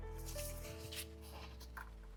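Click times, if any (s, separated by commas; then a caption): none. The front fuel line quick-connect coupling of a 2005-2009 V6 Ford Mustang is handled against the other end of a new inline fuel filter, over a steady tonal hum with faint shuffling and two brief soft taps near 1.6 and 1.8 seconds. Nothing has seated or clicked yet.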